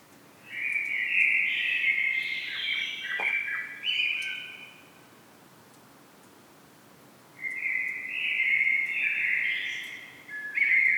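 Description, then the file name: Common blackbird singing two long warbled whistled phrases separated by a quiet gap, the second running to the end. "Turdus merula"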